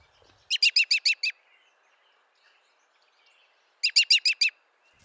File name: The Robin Rescue